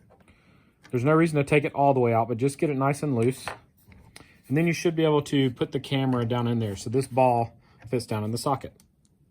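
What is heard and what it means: A collar on a Ring security camera mount is loosened, and the camera's ball joint is lowered toward the mount socket while someone talks. Only a few faint handling taps are heard between the speech. Nothing has seated or snapped into place yet.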